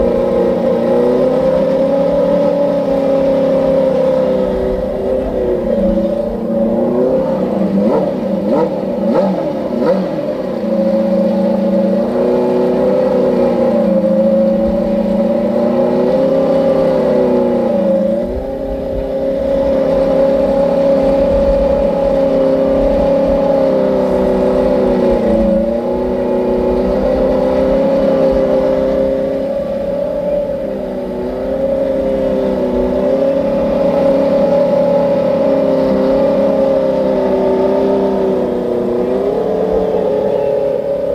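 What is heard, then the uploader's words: An IndyCar engine drones steadily for the whole stretch, a layered tone holding nearly level with small wavering rises and dips. Around six to ten seconds the pitch sweeps and shifts, and slight surges recur near 18, 25 and 31 seconds over a low rumble. The Sounds of Fontana IndyCar, 1998. The CART IndyCar Series event on the Fontana superspeedway. The mighty 2.65-liter turbocharged V8s that made thrilling speed and sounds at the event.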